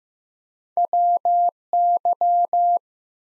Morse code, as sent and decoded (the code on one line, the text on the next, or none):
.-- -.--
WY